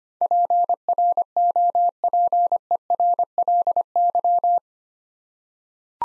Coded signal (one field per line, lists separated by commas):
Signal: Morse code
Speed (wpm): 25 wpm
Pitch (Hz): 700 Hz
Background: none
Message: PROPERLY